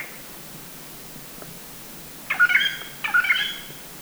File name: Grey Treepie Ssp Sinica Call 120131 Guangxi Da Yao Shan